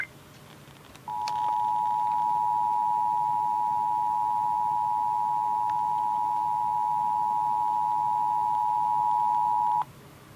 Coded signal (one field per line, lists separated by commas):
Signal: Emergency Alert System (SAME) tones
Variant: 853 and 960 Hz attention tone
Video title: EAS Capture #11